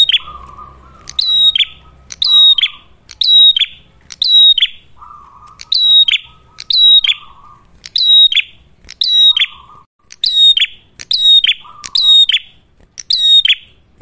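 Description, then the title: Ashy tailorbird song: loud, high whistled notes with a downward slur, given in quick repeated bursts, broken up by short low buzzy rattles. Actively singing ('gacor') red-headed prenjak, clear recording for training cage birds (masteran) or luring (pikat); titled as a Cililin vs Kapas Tembak duet. "Masteran Duet Cililin Vs Kapas Tembak. Prenjak Kepala Merah Gacor [ Suara Jernih, Sangat Cocok Buat Masteran Ataupun Buat Pikat ]"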